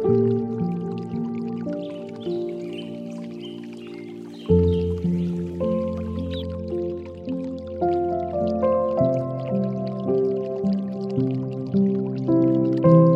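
Slow meditation music of held, layered tones shifts to a new, fuller chord about four and a half seconds in, then moves through gently changing notes. Soft water drips and trickles sound lightly throughout, with a low steady hum underneath.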